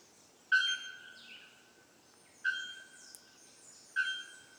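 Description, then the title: Bird calling with three loud, level whistled notes, each starting sharply and trailing off, spaced roughly one and a half to two seconds apart, with faint high chirps between. Birdsong in tropical forest on Ilha Grande, Brazil; species unknown. "Oiseaux à Ilha grande"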